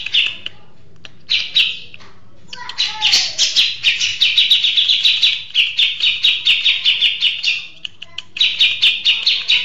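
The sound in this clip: Oriental magpie-robin song opens with short separate phrases and a falling whistled note, then breaks into a long stream of rapid, high, chattering notes.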